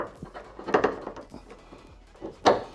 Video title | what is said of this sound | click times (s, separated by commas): RIVAL HOOD STRUT INSTALL - 5TH GEN TOYOTA RAV4 | there you go so everything just snaps into place | 0.7 s